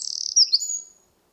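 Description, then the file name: Eurasian wren producing a brief, high, rapid trill followed by a couple of sharp, sliding notes. "Troglodytes troglodytes"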